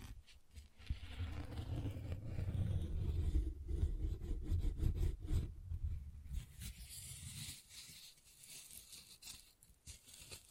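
Tapping and scratching on a textured surface, thick and rumbling for the first six seconds with short pauses near 1, 3.5 and 5.5 seconds. After that the sound thins to a quieter, brighter, hissing scrape, with uneven bursts of rough scratching toward the end.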